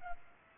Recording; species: mosquito wingbeat signal from an infrared sensor; Culex pipiens